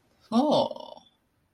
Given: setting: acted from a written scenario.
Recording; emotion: vocal sound without words; realization